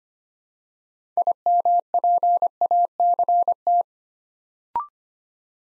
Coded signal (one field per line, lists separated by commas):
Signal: Morse code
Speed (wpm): 25 wpm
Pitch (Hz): 700 Hz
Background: none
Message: IMPACT